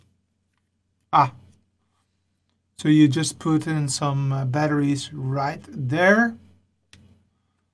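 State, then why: Seated. Someone talks while putting a battery into an Oculus Rift VR headset remote and closing its plastic battery cover. The cover clicks into place at 6.9 s, seated with a feel that is almost magnetic.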